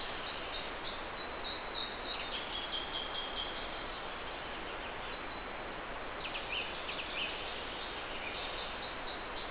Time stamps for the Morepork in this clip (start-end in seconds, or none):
none